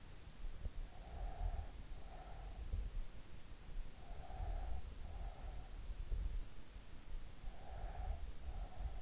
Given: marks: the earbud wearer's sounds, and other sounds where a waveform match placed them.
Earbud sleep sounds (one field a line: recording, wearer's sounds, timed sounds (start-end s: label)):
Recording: sounds in sleep by an in-ear microphone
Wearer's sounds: breath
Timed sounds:
0.84-2.91 s: breath
3.81-5.77 s: breath
7.38-9.02 s: breath